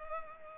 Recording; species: mosquito wingbeat signal from an infrared sensor; Culex pipiens